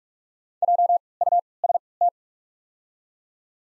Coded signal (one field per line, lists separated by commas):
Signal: Morse code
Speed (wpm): 42 wpm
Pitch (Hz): 700 Hz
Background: none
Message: J U S T